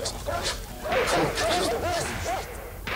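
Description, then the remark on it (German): Several dogs bark and yelp in a rapid, overlapping burst of mid-pitched cries, with scattered rough noises mixed in, before the barking thins out toward the end. “Die Spanier kommen mit ihren Hunden.”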